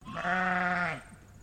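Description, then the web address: Dorper sheep giving a single steady, nasal baa lasting under a second, then quiet. "Sound Effects-Foundation 1 ANIMAL SHEEP DORPER BAA"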